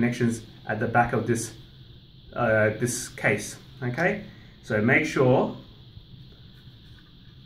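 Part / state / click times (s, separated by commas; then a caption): 2.5-inch SSD into the mini PC drive bay/SATA connector / not seated / none. A 2.5-inch SSD is lined up in the drive bay of a mini PC case, ready to be slid in and pushed onto the SATA connector. Someone talks throughout, with quiet gaps between phrases. The drive has not yet been seated and nothing has clicked.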